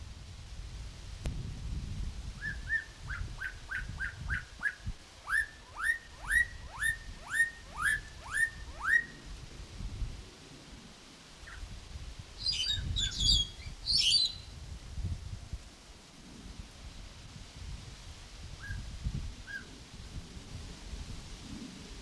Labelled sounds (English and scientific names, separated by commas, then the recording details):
Black-collared Starling (Gracupica nigricollis)
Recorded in captivity
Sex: group
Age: adult
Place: Tierpark Berlin, Berlin, DE
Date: 2002-09-16 14:00
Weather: overcast, partly cloudy, ca. 16 - 17°C
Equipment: Nagra SN, Kopie Uher 4000 Report Monitor
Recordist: Tembrock, Günter
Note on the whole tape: Mehrere Tiere: Gesang und diverse Lautformen (Entfernung 3 - 6 m)